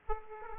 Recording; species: mosquito wingbeat signal from an infrared sensor; Aedes aegypti